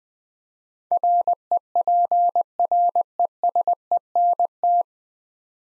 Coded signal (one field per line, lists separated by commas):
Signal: Morse code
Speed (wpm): 20 wpm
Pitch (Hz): 700 Hz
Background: none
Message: REPRESENT